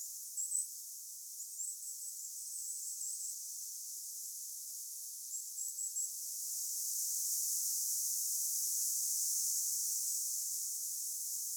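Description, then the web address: Goldcrest call notes, very high and thin, tumble in quick clusters over the first three seconds and briefly near six seconds, then only rushing hiss. Several goldcrests calling on Vähä saari island, 26 September 2024. "paivat 26 9 2024 vahan saaressa olleiden hippiaisten aantelya"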